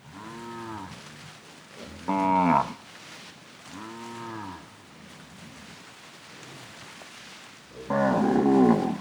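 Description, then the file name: Cattle lowing repeatedly, four harmonic moos at uneven intervals, the second and last ones louder and brassier. Cattle grazing on grass, mooing. "Gado pastando grama mugidos"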